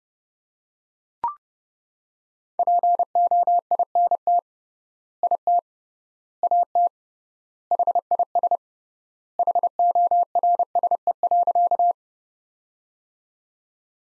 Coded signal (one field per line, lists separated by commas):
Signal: Morse code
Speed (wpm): 30 wpm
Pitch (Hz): 700 Hz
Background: none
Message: POINT IT AT HIS HORSE.